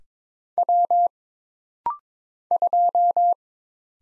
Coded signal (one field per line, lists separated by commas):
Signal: Morse code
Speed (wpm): 22 wpm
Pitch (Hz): 700 Hz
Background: none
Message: W 2